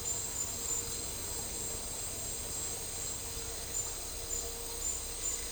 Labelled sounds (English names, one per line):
none